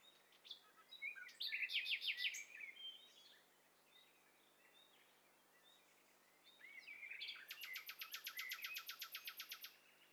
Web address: STEREO BIRD COCKTAIL PARTY Challenge SBCP TESTSET HDBird Cocktail Party